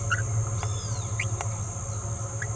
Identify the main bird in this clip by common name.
Green-rumped Parrotlet